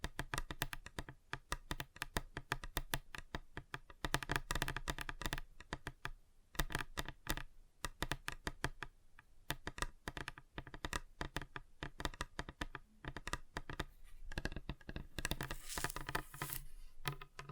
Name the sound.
Table Tapping Different Surfaces